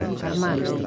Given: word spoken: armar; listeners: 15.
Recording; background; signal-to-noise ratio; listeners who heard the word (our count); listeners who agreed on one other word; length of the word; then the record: one Spanish word in noise, from a listening test; eight-talker babble; 0.6 dB; 0 of 15; 6 of 15; 0.47 s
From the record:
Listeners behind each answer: 6, 3, 1, 1, 1, 1, 1, 1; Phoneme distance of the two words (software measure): 17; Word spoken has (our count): 2 syllables, 5 phonemes, stress on syllable 2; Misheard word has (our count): 2 syllables, 6 phonemes, stress on syllable 2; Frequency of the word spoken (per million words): 7.40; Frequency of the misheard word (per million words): 5.40